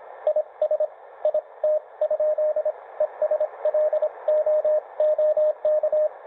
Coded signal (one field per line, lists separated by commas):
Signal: Morse code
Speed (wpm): 26 wpm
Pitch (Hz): 620 Hz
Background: radio noise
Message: IS IT? ES LOOK